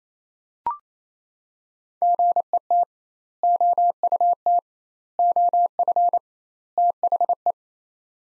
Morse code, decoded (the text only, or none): GET OUT OF THE